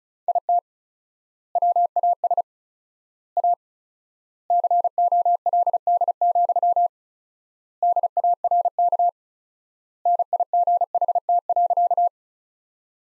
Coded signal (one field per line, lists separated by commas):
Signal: Morse code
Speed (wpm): 34 wpm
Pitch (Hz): 700 Hz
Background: none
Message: IT WAS A COLD, DARK NIGHT.